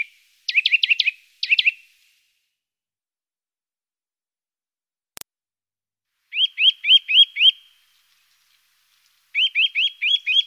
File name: Sittelle torchepot